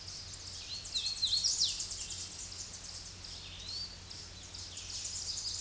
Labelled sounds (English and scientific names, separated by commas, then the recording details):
Hooded Warbler (Setophaga citrina) song
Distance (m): 25 m
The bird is about 20 m above the microphone
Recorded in a Pennsylvania forest on 16 May 2024 at 07:57
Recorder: AudioMoth, point MSD-2208
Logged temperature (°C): 15.2 °C
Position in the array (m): 140 m, 103 m